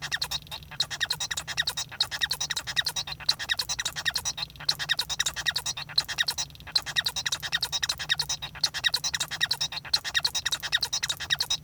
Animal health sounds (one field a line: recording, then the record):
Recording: song of a male Bengalese finch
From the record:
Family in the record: son of father 1